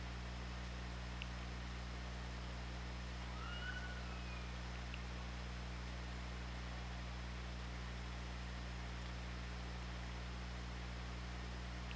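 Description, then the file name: Orca calls, two faint tonal sweeps over a steady low underwater hum with a few sharp clicks. OrcaLab hydrophone, underwater, 24 August 2017, 08:22. "Orca Lab UTLN JASON 20170824 082249"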